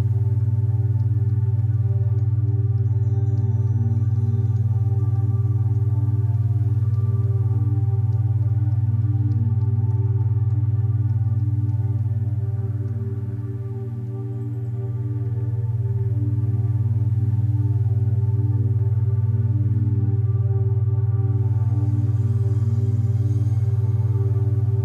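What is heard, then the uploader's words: Binaural beat tones hum as a steady, low drone, with strong deep pitches and a stack of fainter tones layered above. The sound stays nearly constant throughout, dipping briefly around the middle before returning to the same even level. Binaural Beats - Beta State Waves.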